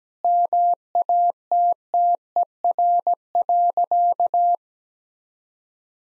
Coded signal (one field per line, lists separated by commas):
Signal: Morse code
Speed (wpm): 17 wpm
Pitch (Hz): 700 Hz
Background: none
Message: MATTER.